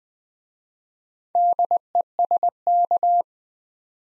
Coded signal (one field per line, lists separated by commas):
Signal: Morse code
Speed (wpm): 20 wpm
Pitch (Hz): 700 Hz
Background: none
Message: DESK